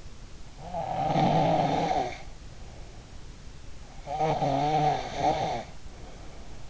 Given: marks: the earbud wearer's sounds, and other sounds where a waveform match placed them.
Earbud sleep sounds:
sounds in sleep by an in-ear microphone; snoring breath
0.56-3.22 s: snoring breath
3.91-6.70 s: snoring breath

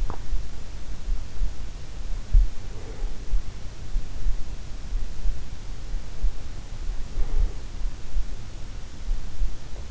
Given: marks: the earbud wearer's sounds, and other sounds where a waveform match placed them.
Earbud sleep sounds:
sounds in sleep by an in-ear microphone; swallowing
0.00-0.21 s: swallowing

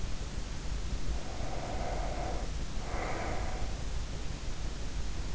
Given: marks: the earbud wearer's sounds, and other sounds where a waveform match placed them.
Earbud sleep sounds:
sounds in sleep by an in-ear microphone; breath
0.81-4.15 s: breath

